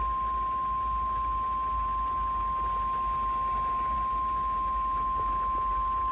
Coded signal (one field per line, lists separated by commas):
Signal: Emergency Alert System (SAME) tones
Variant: 1050 Hz attention tone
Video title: Severe Thunderstorm Warning (EAS #264) - WXL50 - 6/18/2026